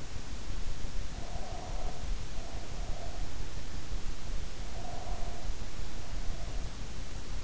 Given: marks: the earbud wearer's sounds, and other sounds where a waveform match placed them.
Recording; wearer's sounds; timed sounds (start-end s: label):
sounds in sleep by an in-ear microphone; breath
1.16-3.07 s: breath
4.61-5.72 s: breath